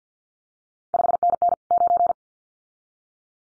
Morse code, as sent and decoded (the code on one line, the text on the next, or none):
..... -. -. / ----.
5NN 9